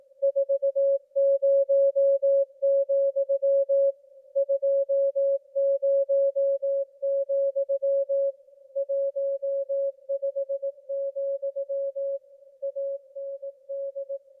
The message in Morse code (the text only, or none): 40, 20, 15, AND